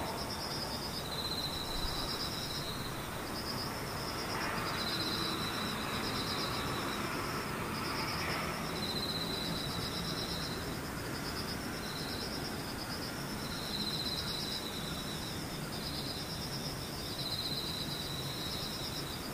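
Insects trill in high, pulsing bursts every second or two over a steady low rumble, with a faint passing whoosh around five to eight seconds.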